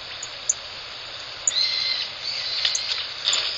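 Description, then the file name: Rustic bunting calls: thin, high, short tsip notes and a brief whistled trace, scattered irregularly over a steady background hiss. Early morning, before the birds leave the roost. "早朝塒立ち前のカシラダカの声"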